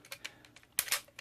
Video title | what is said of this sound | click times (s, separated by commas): How to repair a slipping motor on an Echo 1 airsoft ak-47 | this is what holds the battery cover on and it just kind of locks | 0.8 s